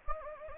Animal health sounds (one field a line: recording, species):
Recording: mosquito wingbeat signal from an infrared sensor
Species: Anopheles gambiae